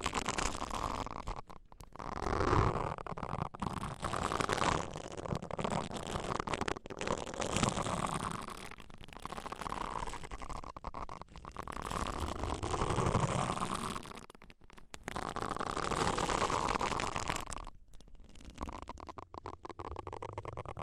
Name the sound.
ASMR Deep Ear Cleaning